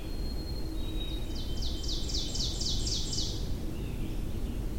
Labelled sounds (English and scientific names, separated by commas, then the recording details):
Ovenbird (Seiurus aurocapilla) song
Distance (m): 50 m
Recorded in boreal forest in Alberta, Canada, on 23 June 2016 at 07:42
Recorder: SongMeter 3, array SBT-6-76
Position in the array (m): 137 m, 160 m
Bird 3